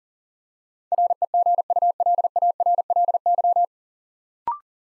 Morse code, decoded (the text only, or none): REGULARLY